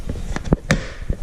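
A pry tool under the upper radiator-support trim cover of a 2014 Silverado pickup truck, removed during an AC condenser replacement, is pulled upward against the plastic retaining clip. A few light taps and creaks build until a sharp, bright pop at 0.7 s, when the plastic clip pops free and the cover is released.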